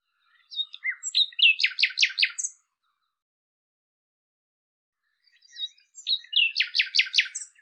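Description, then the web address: Common nightingale song: two similar phrases of scattered chirps that build into loud, rapidly repeated notes, separated by about three seconds of quiet. "cianscape birddata Deverinetal 2025 Bird Lu Me Lu Me"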